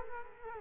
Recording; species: mosquito wingbeat signal from an infrared sensor; Culex quinquefasciatus